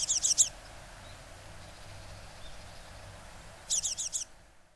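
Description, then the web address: Japanese tit calling in two quick bursts of four rasping, buzzy high notes, one at the start and one near the end, with quiet in between. Recorded in Kaji, Hyogo, Japan, on August 2. "koe sijuukara 3 0802 hyogo kaji"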